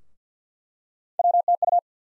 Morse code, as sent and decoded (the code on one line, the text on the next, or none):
.-- - ..-
WTU